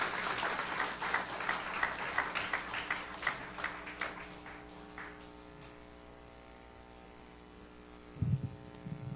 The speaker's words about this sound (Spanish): Den un aplauso a Cristo